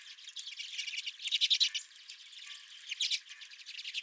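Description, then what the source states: Redpolls chattering, rapid high buzzy twitters in bursts, loudest around the middle of the stretch. Several redpolls at the recordist's feeder.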